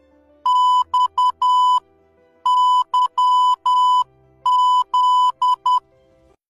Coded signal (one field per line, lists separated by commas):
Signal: Morse code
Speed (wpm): 10 wpm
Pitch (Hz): 1000 Hz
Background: music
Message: X Y Z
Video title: Learn Morse code in one minute